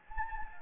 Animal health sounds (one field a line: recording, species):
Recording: mosquito wingbeat signal from an infrared sensor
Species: Anopheles gambiae